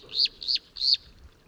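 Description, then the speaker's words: Marsh Warbler song fragment: three high, slurred notes, each rising then dropping sharply, given in quick succession within a second and a half. Night song from a small willow in a meadow at 3:38 a.m. by moonlight; Vercors, southern range limit, 28 May 2020; newly arrived; males sing at night to attract a female; Nagra Seven, MKH40. "La lune éclaire un petit saule où chante une rousserolle verderolle inventive."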